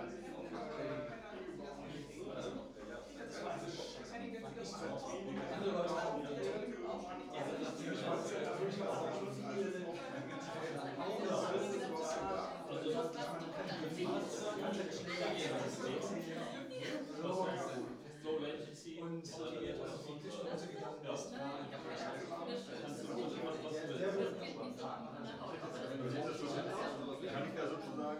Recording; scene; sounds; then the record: everyday scene through a hearing-aid microphone; many people talking; many voices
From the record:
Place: bistro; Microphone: in the ear canal, right